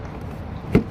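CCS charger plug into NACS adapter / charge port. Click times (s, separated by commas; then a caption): 0.7 s. A CCS charger plug is pushed into a NACS adapter at the charge port, with a low steady rumble in the background. A single sharp click at 0.8 s marks the connector seating in place.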